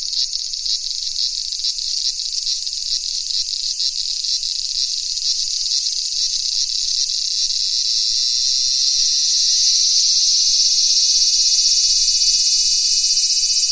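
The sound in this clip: Cicadas in chorus, an intense high buzzing that pulses rhythmically, then swells louder and smoother toward the end.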